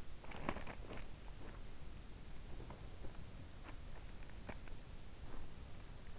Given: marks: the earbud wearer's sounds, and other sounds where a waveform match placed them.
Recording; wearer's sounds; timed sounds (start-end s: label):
sounds in sleep by an in-ear microphone; body movement
0.18-6.19 s: body movement